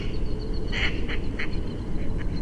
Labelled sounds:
Mallard
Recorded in Germany
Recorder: ecoPi

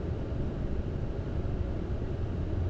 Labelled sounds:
none
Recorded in Germany
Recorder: ecoPi

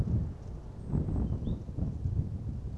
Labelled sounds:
Great Tit
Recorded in Germany
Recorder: ecoPi

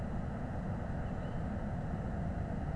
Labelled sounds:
Tawny Owl
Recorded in Germany
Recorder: ecoPi

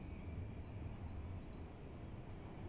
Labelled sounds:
Great Tit
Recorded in Germany
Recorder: ecoPi

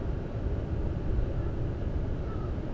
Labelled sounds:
none
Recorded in Germany
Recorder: ecoPi

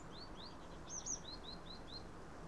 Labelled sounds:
Eurasian Blue Tit
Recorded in Germany
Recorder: ecoPi

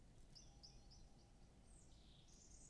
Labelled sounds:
Tawny Owl
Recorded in Germany
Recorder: ecoPi

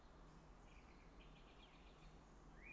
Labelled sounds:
Song Thrush
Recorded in Germany
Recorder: ecoPi

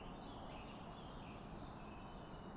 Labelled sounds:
Eurasian Blue Tit
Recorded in Germany
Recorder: ecoPi

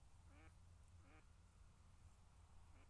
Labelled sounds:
Mallard
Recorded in Germany
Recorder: ecoPi

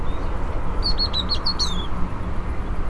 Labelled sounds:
Great Tit
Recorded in Germany
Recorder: ecoPi

